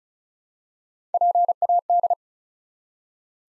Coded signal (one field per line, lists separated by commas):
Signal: Morse code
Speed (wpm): 36 wpm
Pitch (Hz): 700 Hz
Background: none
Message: PAD